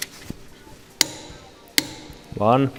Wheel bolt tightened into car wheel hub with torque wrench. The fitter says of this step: keep going until the torque wrench clicks like so one